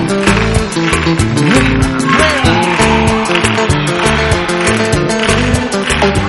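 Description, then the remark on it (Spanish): An audience at a live concert recording of an Argentine tropical singer claps steadily in time over loud, upbeat tropical dance music, the sharp hand claps landing on a regular beat throughout. “Palmas arriba a todos.”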